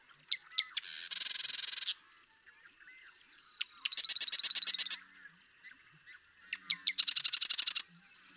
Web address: birdsongforthecurious Marsh Wren